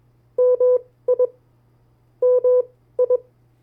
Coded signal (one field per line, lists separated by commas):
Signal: Morse code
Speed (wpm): 21 wpm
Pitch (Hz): 500 Hz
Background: none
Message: MI MI